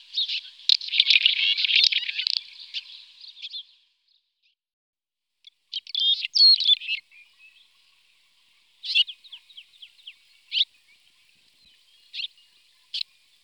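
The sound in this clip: Red-rumped swallow's twittering: a dense scratchy burst at the start, then a shorter chattering phrase and a scatter of brief separated chirps toward the end.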